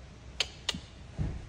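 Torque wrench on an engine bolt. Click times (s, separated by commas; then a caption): 0.4 s, 0.7 s. A torque wrench tightening an engine bolt on a Lamborghini Murcielago being rebuilt gives two sharp, bright ticks at 0.4 s and 0.7 s as it clicks at its set torque. A softer low thump follows at about 1.2 s. The bolt is confirmed tightened to its set torque.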